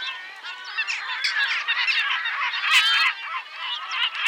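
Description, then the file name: Yellow-legged gull calls, a busy overlapping tangle of raucous cries from several birds, loud and continuous, with a burst of sharper noise near the middle. "Goéland leucophée (Larus michahellis) - Cris et chants"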